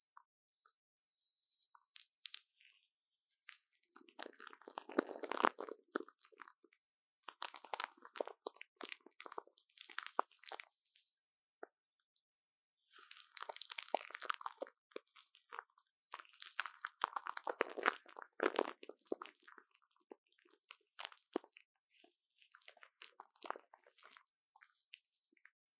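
Plastic wrap is crinkled and crushed in bursts of dense, crackling crunches, with busy stretches around 4–11 seconds and 13–20 seconds. Between them come short quiet gaps and sparse single crackles, and the sound ends with lighter, scattered rustling.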